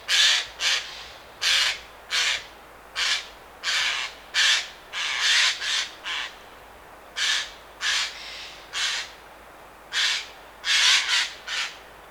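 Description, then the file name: Eurasian jay screeching in a long, uneven run of many harsh, noisy bursts, some paired, with brief gaps between. "Garrulus glandarius"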